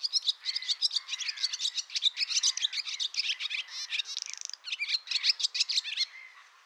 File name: Hirondelle rustique Hirundo rustica